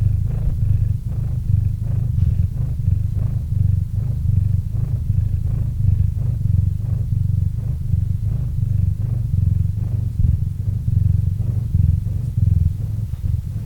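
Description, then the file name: Cat purring steadily, low buzzing rumble in regular breathing pulses, unbroken from start to finish. Cat named Murchik purring into a microphone. "Kot Murchik - Murchanie kota kot murchal v mikrofon"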